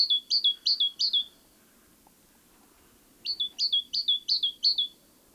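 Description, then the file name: Great tit song in two bursts of repeated high-low two-note phrases, about four then five, with a quiet gap between; low background hum. "Parus major"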